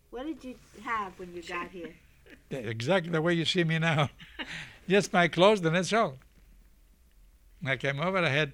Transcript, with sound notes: What did you have when got here.
Exactly the way you see me now. (they laugh) Just my clothes and that's all. When I came over I had